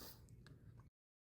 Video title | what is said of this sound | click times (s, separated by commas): Turn Signal Assembly Replacement - 1987 - 1996 Ford F-150 | now that that is fixed perfect just pops right in and then all you have to do is | 0.5 s